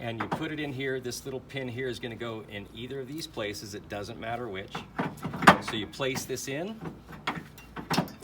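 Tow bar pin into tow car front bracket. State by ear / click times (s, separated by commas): seated / 7.3 s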